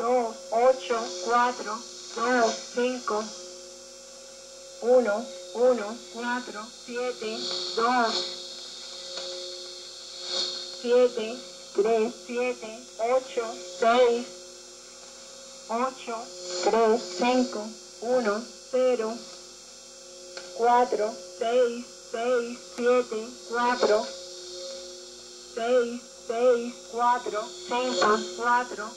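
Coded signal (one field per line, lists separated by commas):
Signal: numbers station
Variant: Spanish language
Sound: voice reading short Spanish words in spaced groups over a steady electrical hum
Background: radio hum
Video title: Kenwood R-2000 receiving a spanish numbers station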